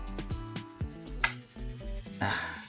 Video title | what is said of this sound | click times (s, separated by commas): MARI RAKIT PC YANG GA PAKE KACA - Phanteks XT Pro Silent | harusnya udah ngunci | 1.2 s